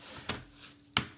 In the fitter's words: there and it clicks